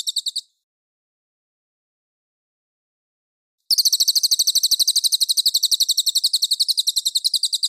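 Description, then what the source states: Mangrove whistler song: a short tail of trill, a long silence, then a rapid, high, even trill resuming for about four seconds. Clear call.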